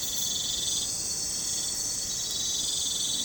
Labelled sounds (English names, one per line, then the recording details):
none
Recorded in pastures near Puerto Asís, Putumayo, Colombia, on 26 December 2024 at 03:30
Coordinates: 0.466, -76.322
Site G040